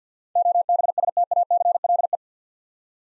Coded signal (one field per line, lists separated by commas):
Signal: Morse code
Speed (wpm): 52 wpm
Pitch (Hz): 700 Hz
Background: none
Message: OBSTACLE